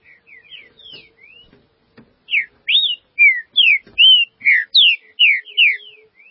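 Green-winged saltator singing a fast string of loud whistled notes, alternately rising and falling, after a quieter opening phrase; faint low hum underneath.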